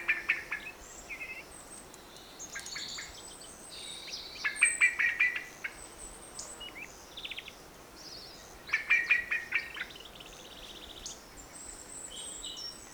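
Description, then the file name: Eurasian blackbird producing several bursts of fast, harsh clicking notes, with other birds twittering higher. "Turdus merula"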